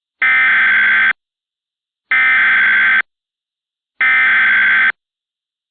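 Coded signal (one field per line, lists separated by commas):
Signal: Emergency Alert System (SAME) tones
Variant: header bursts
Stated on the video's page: Fictional mock-up EAS alert for an imagined what-if scenario in Green Bay, Wisconsin.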